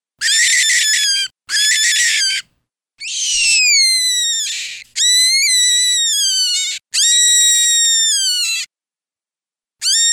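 Cottontail rabbit distress calls: loud, high, harmonic-rich squeals about one to two seconds long, some harsh and noisy, others clear and slightly falling, in a steady series with short gaps.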